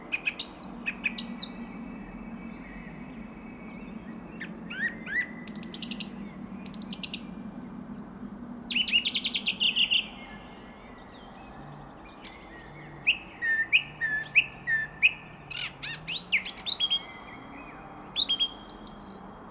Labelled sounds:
Song Thrush (Turdus philomelos) song

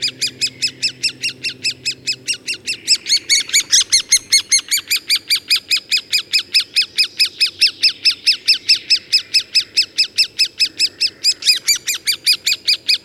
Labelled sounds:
Great Spotted Woodpecker (Dendrocopos major) call

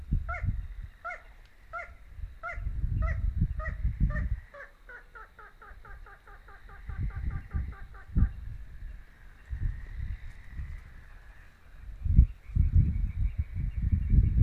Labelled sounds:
Little Crake (Porzana parva) song

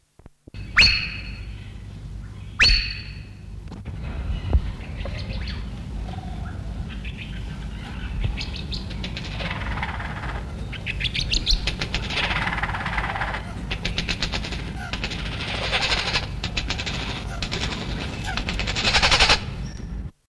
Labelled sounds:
White-throated Magpie-Jay (Calocitta formosa) call

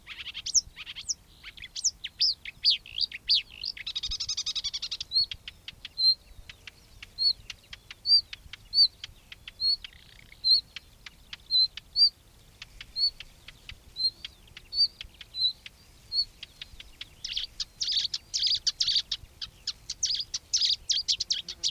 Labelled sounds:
Marsh Warbler (Acrocephalus palustris) song

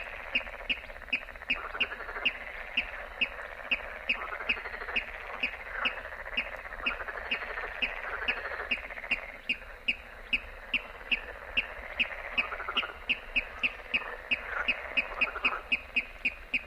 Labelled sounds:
Water Rail (Rallus aquaticus)

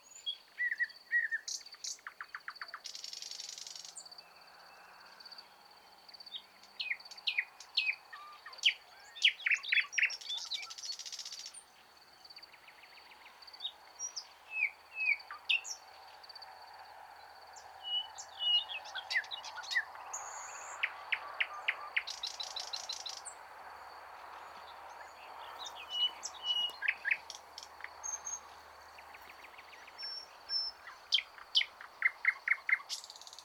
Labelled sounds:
Thrush Nightingale (Luscinia luscinia) song

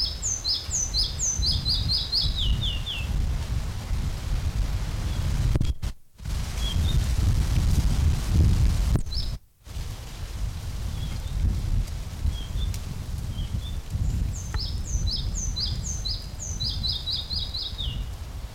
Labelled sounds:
Red-breasted Flycatcher (Ficedula parva)

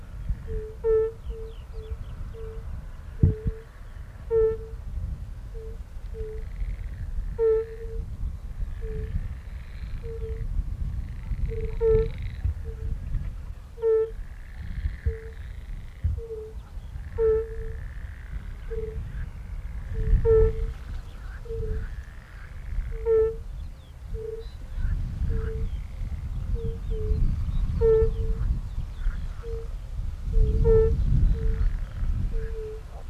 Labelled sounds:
Fire-Bellied Toad (Bombina bombina) call

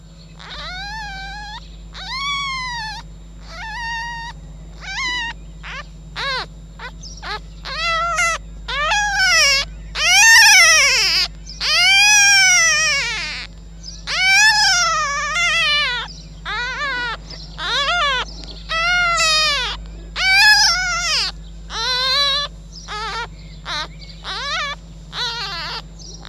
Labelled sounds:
Red Fox (Vulpes vulpes)

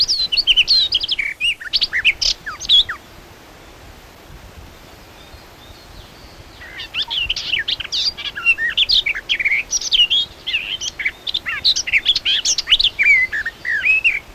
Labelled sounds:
Garden Warbler (Sylvia borin) song

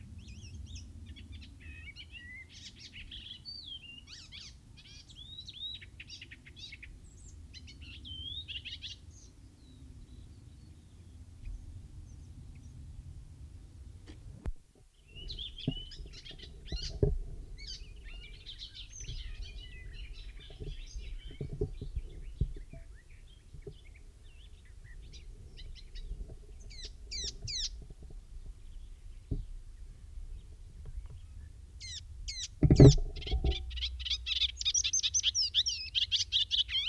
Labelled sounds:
Icterine Warbler (Hippolais icterina) song

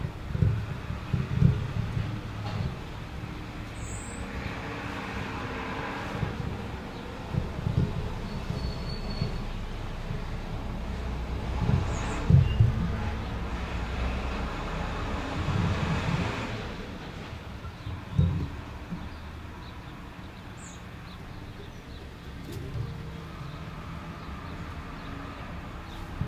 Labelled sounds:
Common Chiffchaff (Phylloscopus collybita) song

